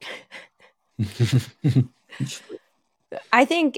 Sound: chuckles